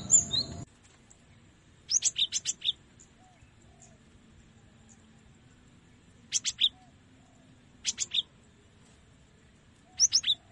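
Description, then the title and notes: Cinereous tit giving four brief phrases of sharp alternating notes at irregular intervals, after a short burst of noise at the very start. Used for tutoring songbirds. "Masteran Gelatik Batu. burung gelatik"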